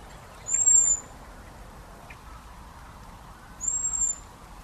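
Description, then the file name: Common blackbird producing two thin, high, level whistled notes about three seconds apart, the second a little softer, over low background hiss. "Turdus merula"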